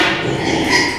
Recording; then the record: squeal of a Yucatan mini pig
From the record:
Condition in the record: before surgery on the right vocal fold (resection and tissue-engineered implant); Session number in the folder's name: 2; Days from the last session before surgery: 0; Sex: male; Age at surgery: 12 weeks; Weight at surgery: 13 kg